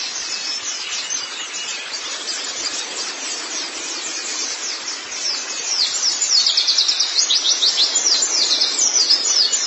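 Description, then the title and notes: White-eye twittering song, soft and rapid at first, then growing louder and busier after about six seconds, with high slurred notes tumbling together. "Kicauan Burung Pleci Durasi Panjang. Suara kicauan burung pleci"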